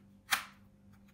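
A perimeter clip of the plastic bezel on an Acer Predator G5-793-72AU laptop is pressed home into the display lid during a screen replacement. It makes a single sharp, bright snap at 0.3 s that fades quickly over a faint steady hum. The clip seats.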